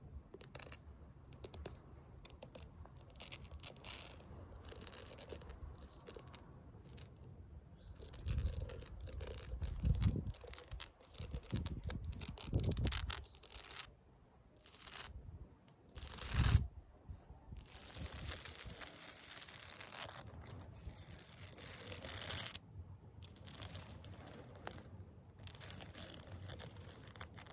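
Fake nails scratch concrete in uneven bursts of gritty rasping, louder around ten and sixteen seconds, turning into a brighter, steadier hiss after twenty.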